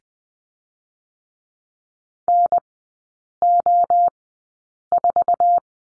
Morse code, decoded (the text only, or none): NO4